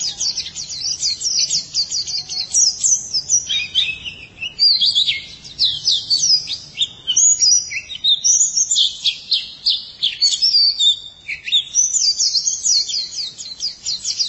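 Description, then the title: White-eye song: a continuous, rapid, high-pitched twittering of sweeping chirps and trills, barely pausing, with a faint low hum underneath. "Kicauan Burung Pleci Durasi Panjang"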